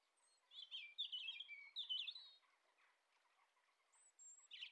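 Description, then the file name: European robin pouring out rapid, high, tinkling notes and a sweet downslurred whistle, with a soft, steady ticking chatter underneath and a thin high whistle later. "Erithacus rubecula"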